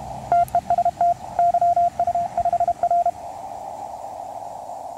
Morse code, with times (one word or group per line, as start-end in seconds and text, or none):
0.3-1.1 TEST
1.4-3.1 YU5R